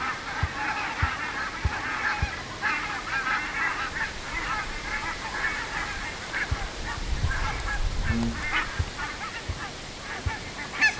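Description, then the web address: Barnacle goose: barnacle geese yapping in a busy flock chorus, somewhat softer, with low thumps and rumbling noise underneath and a few sharper calls near the end. "linnut valkoposkihanhet"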